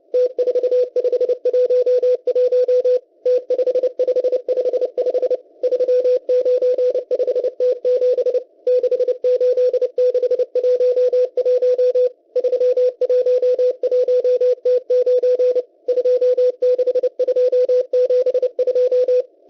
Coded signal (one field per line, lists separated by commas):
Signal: Morse code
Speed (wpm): 28 wpm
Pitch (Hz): 500 Hz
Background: radio noise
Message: T4511 T5555 395T7 68611 311T9 26272